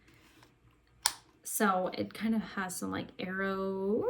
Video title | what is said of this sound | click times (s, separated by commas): Scentsy Clearance Haul! - March 2022 | if you press down this little button they twist and then they lock into place | 1.1 s